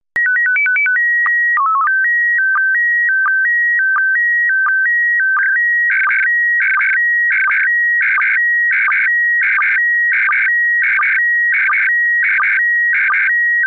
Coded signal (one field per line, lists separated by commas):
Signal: SSTV (slow-scan television)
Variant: PD 90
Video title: Daily Minutes, 10 februari 2019 (O.a. vier SSTV-beelden)